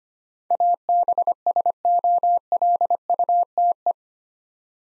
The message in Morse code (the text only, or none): ABSOLUTE